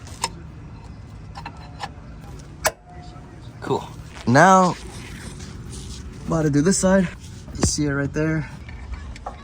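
A lowering link socket is handled at the second side of a Mercedes, about to go onto the suspension level sensor ball stud. Small tapping and handling sounds come through a low background hum while someone talks. Nothing has seated or clicked yet.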